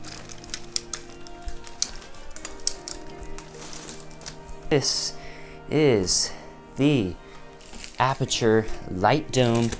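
Support rods of an Aputure Light Dome Mark II collapsible softbox are pulled out one by one until each seats into the speed ring, giving sharp, short clicks at 0.8, 1.8 and 2.7 seconds over background music. Afterward someone talks, and each rod is seated in place.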